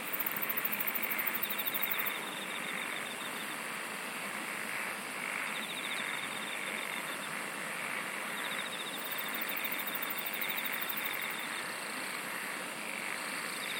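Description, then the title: Insects trill in several pulsed runs throughout, with very high ticking trills at the start and near ten seconds, over a steady hissing background. "SINGING OF INSECTS"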